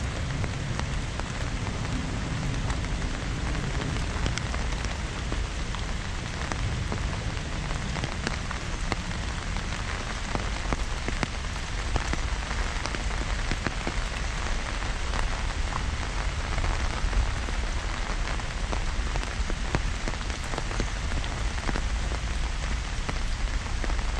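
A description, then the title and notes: Rain falls steadily in Central Park, a dense, even hiss with countless tiny drop taps and a low rumble underneath throughout. Caminhando na chuva no Central Park em Manhattan Nova York. NYC Nature Rain Sounds.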